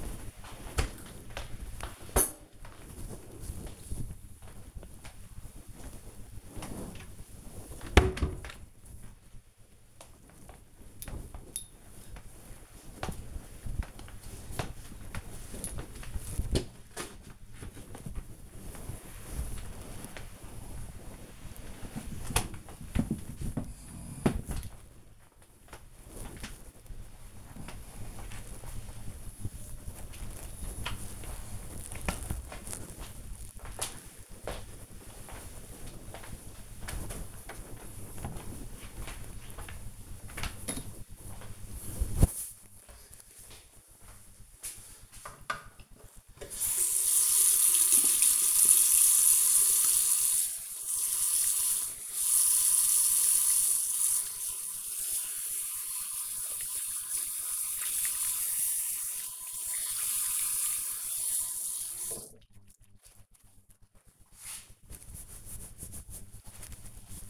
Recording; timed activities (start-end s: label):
household activities, microphone on the right wrist
0.00-31.15 s: floor cleaning
45.26-62.38 s: washing hands